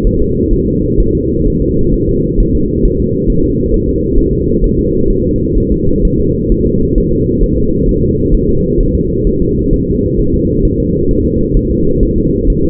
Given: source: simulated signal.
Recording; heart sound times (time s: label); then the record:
fetal heart sounds
0.07 s: S1
0.22 s: S2
0.53 s: S1
0.68 s: S2
1.00 s: S1
1.15 s: S2
1.47 s: S1
1.62 s: S2
1.94 s: S1
2.09 s: S2
2.40 s: S1
2.55 s: S2
2.85 s: S1
3.00 s: S2
3.30 s: S1
3.44 s: S2
3.74 s: S1
3.89 s: S2
4.19 s: S1
4.33 s: S2
4.64 s: S1
4.79 s: S2
5.10 s: S1
5.25 s: S2
5.58 s: S1
5.72 s: S2
6.05 s: S1
6.20 s: S2
6.52 s: S1
6.67 s: S2
6.98 s: S1
7.13 s: S2
7.43 s: S1
7.58 s: S2
7.89 s: S1
8.03 s: S2
8.34 s: S1
8.49 s: S2
8.80 s: S1
8.95 s: S2
9.27 s: S1
9.42 s: S2
9.73 s: S1
9.88 s: S2
10.19 s: S1
10.34 s: S2
10.65 s: S1
10.80 s: S2
11.11 s: S1
11.26 s: S2
11.57 s: S1
11.71 s: S2
12.03 s: S1
12.18 s: S2
12.50 s: S1
12.64 s: S2
From the record:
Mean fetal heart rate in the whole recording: 130 bpm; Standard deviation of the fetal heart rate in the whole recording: 4 bpm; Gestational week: 38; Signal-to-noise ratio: -15.3 dB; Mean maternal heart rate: 72 bpm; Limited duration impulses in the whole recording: present